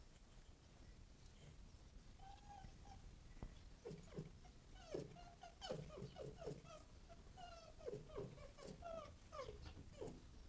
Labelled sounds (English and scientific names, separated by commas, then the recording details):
Red Fox (Vulpes vulpes)
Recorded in captivity
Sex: male
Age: adult
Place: Zoologisches Institut der HUB, Berlin, DE
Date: 1959-05-08 11:00
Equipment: 19 cm Vollspur
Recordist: Tembrock, Günter
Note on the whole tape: Rüde Jean: Muffen mit Fleisch, läuft dabei umher. Kleine Freianlage im Zoologischen Institut der HUB, Abstand ca. 1 bis 2 m